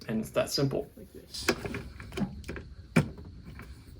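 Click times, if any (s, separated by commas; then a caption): 3.0 s. A throttle cable end is fitted into the throttle position sensor box during a 4.7L to 5.7L HEMI engine swap on a 2004 Dodge Ram, where the cable runs from the pedal through the firewall to the sensor box instead of the throttle body's butterfly valve. Someone talks, then soft handling taps lead to a sharp snap at 3.0 s as the cable end seats in the sensor housing.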